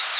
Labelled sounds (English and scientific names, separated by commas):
Golden-cheeked Warbler (Setophaga chrysoparia) flight call